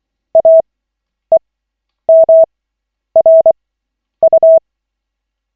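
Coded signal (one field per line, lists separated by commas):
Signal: Morse code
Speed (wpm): 24 wpm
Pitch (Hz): 650 Hz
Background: none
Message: AEMRU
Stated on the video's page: Koch method CW practice session at lesson 7 of 40, using LCWO.net.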